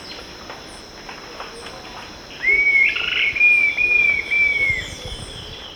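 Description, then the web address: Dusky-tailed flatbill giving a thin whistled trill that holds a steady pitch for over two seconds, with a steady insect hum behind it. Recorded in Ecuador. "Birds of Ecuador 3. Dusky-Tailed Flatbill"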